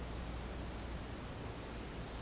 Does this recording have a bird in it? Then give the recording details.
no. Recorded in dense forest near Puerto Asís, Putumayo, Colombia, on 23 June 2025 at 09:00. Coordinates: 0.499, -76.324. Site G100